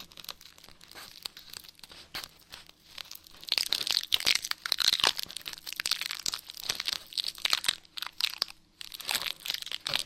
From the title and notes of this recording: ASMR Brain Melting Scratching (No Talking).